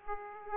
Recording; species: mosquito wingbeat signal from an infrared sensor; Aedes aegypti